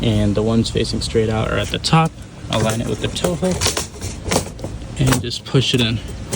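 Someone talks while the second side of an Evbase plastic grille mesh insert is aligned with the tow hook and pushed into the front bumper opening of a Cybertruck, with a few brief handling knocks. The clips have not seated or clicked yet.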